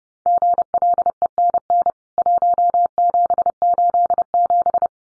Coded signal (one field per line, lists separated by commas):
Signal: Morse code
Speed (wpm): 30 wpm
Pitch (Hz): 700 Hz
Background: none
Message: GLENN 1787